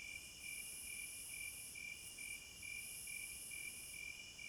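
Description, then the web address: Crickets chirping in steady, evenly spaced pulses about twice a second, layered over a continuous high insect hiss that drops out briefly now and then. Forest at night. "Nature Sounds In HD Sounds of Nature Hypnotizing Forest- Wolves, Crickets, Owls and Singing Birds Midnight Concert"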